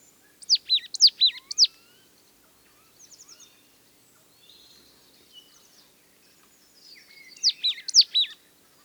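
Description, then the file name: Marsh tit giving bright, slurred 'pitchoo' notes in a fast cluster at the start and again near the end, with quieter buzzy chatter and faint bird notes in between. "Poecile palustris"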